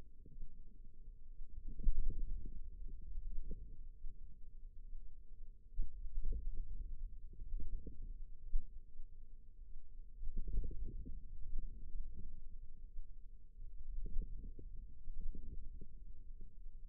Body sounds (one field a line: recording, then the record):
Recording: forearm muscle sounds (acoustic myography)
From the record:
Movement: inward rotation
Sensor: system 2, bracelet of six BSWA MPA416 microphones around the upper forearm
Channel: 4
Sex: female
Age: 22 years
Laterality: right